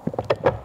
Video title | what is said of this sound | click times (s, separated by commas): How to Assemble and Replace All Trim Pieces with Custom Black Trim on a 2023 Vespa GTS HPE2 | and we'll click into place | 0.3 s